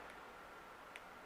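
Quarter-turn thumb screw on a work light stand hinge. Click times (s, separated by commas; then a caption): 1.0 s. A quarter-turn thumb screw on the hinge of a work light's folding stand is turned until it clicks into an indexed detent position, locking the stand. After a faint tick at 0.1 s, a short sharp click at 1.0 s rises above a steady background hiss, and the screw is seated.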